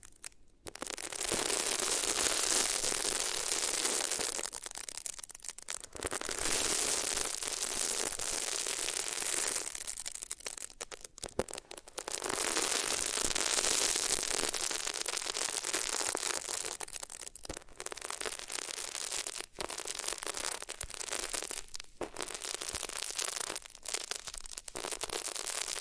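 Rubbing against the ears on different materials makes a dense, scratchy hiss that comes in long sweeps lasting several seconds each. Short breaks and sharp clicks separate the strokes, and the texture is bright and rough with very little low sound.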